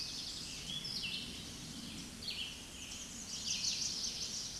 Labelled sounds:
Red-eyed Vireo (Vireo olivaceus) song
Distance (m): 35 m
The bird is about 5 m above the microphone
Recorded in a Pennsylvania forest on 16 May 2024 at 08:50
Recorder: AudioMoth, point MSD-2166
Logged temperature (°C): 16.3 °C
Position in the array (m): 138 m, 19 m

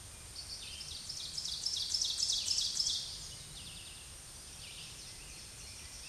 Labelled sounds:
Ovenbird (Seiurus aurocapilla) song
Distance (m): 25 m
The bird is about level with the microphone
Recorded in a Pennsylvania forest on 16 May 2024 at 07:22
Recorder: AudioMoth, point MSD-2083
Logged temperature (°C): 16.7 °C
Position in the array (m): 149 m, -6 m

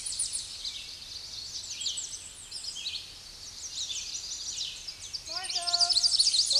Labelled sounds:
Red-eyed Vireo (Vireo olivaceus) song
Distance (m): 30 m
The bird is about 15 m above the microphone
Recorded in a Pennsylvania forest on 16 May 2024 at 08:11
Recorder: AudioMoth, point MSD-1401
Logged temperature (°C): 16.4 °C
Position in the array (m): 51 m, 174 m

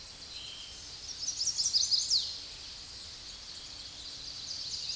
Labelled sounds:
Chestnut-sided Warbler (Setophaga pensylvanica) song
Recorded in a Pennsylvania forest on 16 May 2024 at 06:06
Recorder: AudioMoth, point MSD-2037
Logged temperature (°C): 15.6 °C
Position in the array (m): 125 m, 139 m

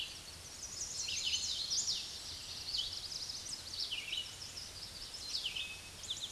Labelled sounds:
Hooded Warbler (Setophaga citrina) song
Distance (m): 30 m
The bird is about 15 m above the microphone
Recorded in a Pennsylvania forest on 16 May 2024 at 06:34
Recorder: AudioMoth, point MSD-2208
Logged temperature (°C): 15.2 °C
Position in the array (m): 146 m, 112 m

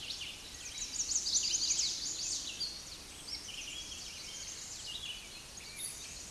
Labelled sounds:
Red-eyed Vireo (Vireo olivaceus) song
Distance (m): 25 m
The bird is about 5 m above the microphone
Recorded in a Pennsylvania forest on 16 May 2024 at 09:32
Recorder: AudioMoth, point MSD-2112
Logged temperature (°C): 16.3 °C
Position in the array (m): 70 m, 201 m

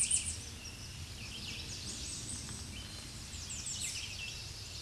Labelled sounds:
American Redstart (Setophaga ruticilla) song
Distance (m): 60 m
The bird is about 10 m above the microphone
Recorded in a Pennsylvania forest on 16 May 2024 at 07:38
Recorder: AudioMoth, point MSD-2478
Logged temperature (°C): 15.6 °C
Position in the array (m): 97 m, 237 m

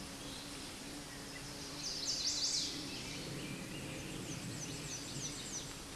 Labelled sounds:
Chestnut-sided Warbler (Setophaga pensylvanica) song
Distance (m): 20 m
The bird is about 5 m above the microphone
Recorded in a Pennsylvania forest on 16 May 2024 at 09:32
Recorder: AudioMoth, point MSD-1849
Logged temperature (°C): 12.1 °C
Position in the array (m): 19 m, 26 m

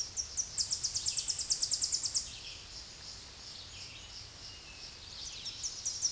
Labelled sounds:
Tennessee Warbler (Leiothlypis peregrina) song
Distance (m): 20 m
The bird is about 15 m above the microphone
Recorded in a Pennsylvania forest on 16 May 2024 at 08:00
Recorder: AudioMoth, point MSD-2208
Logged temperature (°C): 15.2 °C
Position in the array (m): 140 m, 98 m

